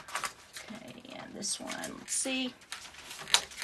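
An embroidery hoop frame holding a denim jacket is pushed onto the embroidery machine arm's mounting pins while someone talks, with soft handling noises and a sharp tap near 3.3 s. Paper is in the way, and nothing has seated or clicked onto the pins yet.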